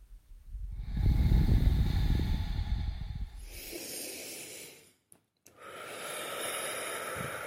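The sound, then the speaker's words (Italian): Loud, deep breaths with no talking: a long, rough, rumbling exhale, then a thinner hissing inhale, a brief pause, and another drawn-out breathy rush. “Espiro, il mio corpo entra nella crepa. Inspiro, la mia rabbia spacca. Respiro, la mia rabbia è lotta.”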